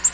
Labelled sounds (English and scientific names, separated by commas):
Black-throated Green Warbler (Setophaga virens) flight call